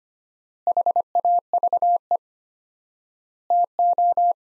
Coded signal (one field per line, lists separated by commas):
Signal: Morse code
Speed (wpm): 25 wpm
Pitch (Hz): 700 Hz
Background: none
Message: HAVE TO